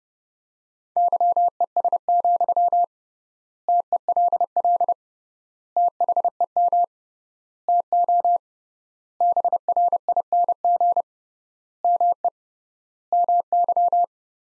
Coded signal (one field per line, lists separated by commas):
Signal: Morse code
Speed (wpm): 30 wpm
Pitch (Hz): 700 Hz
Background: none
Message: YES, TELL THEM TO BRING ME MY